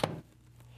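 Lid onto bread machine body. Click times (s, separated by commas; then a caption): 0.0 s. The hinged plastic lid of a Zojirushi BB-PAC20 bread machine is closed onto the machine body with a sharp thunk at 0.0 s, followed by a short ringing decay, a steady low hum and a faint tap near 0.6 s. The lid closes shut and is seated securely, which it must be, or the machine displays "lid" and will not run.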